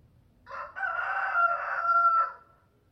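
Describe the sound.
Rooster crowing once, a loud harsh cock-a-doodle-doo with a short first note, then a long drawn-out strained note that fades away.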